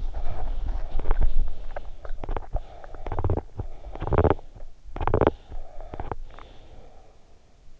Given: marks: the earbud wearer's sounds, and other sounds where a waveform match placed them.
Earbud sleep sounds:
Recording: sounds in sleep by an in-ear microphone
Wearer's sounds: teeth grinding, breath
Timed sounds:
0.00-6.24 s: teeth grinding
6.24-7.21 s: breath

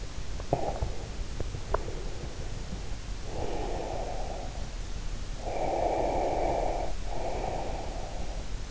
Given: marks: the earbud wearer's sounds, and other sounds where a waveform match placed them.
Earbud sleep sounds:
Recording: sounds in sleep by an in-ear microphone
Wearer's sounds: breath, swallowing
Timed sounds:
0.44-1.10 s: breath
1.31-1.83 s: swallowing
1.83-4.69 s: breath
5.41-8.45 s: breath

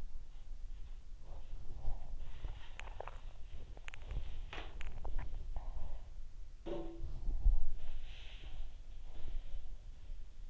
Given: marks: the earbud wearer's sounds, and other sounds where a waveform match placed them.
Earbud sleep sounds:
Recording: sounds in sleep by an in-ear microphone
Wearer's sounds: body movement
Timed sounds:
0.19-6.16 s: body movement
6.60-7.40 s: sound from someone else or the room
7.56-10.50 s: body movement

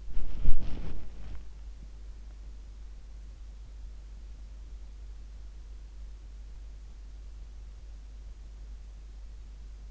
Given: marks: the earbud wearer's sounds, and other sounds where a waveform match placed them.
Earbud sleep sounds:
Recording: sounds in sleep by an in-ear microphone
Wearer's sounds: body movement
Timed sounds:
0.00-1.80 s: body movement

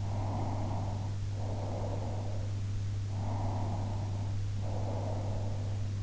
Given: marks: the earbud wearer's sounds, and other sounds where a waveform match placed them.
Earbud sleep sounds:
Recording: sounds in sleep by an in-ear microphone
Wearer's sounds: breath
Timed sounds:
0.13-2.43 s: breath
3.26-5.72 s: breath

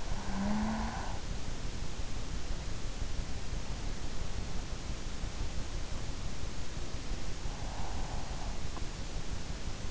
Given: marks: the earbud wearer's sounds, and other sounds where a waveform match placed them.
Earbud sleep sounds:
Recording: sounds in sleep by an in-ear microphone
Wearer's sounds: snoring breath, breath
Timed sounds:
0.00-1.60 s: snoring breath
7.37-8.91 s: breath

